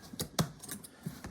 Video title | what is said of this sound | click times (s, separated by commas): Joolz Aer+: Removing and Washing the Textiles | And then you're just going to, while pushing, slide this in until you hear it pop. | 0.4 s